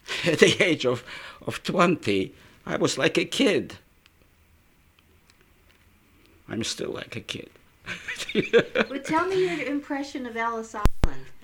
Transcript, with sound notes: at the age of twenty I was like a kid. I'm still like a kid. ( he laughs )
But tell me your impression of Ellis Island.